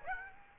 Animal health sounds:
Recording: mosquito wingbeat signal from an infrared sensor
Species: Aedes aegypti

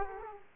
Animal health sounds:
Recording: mosquito wingbeat signal from an infrared sensor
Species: Aedes aegypti

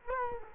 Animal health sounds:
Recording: mosquito wingbeat signal from an infrared sensor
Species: Culex quinquefasciatus

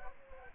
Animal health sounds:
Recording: mosquito wingbeat signal from an infrared sensor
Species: Aedes aegypti

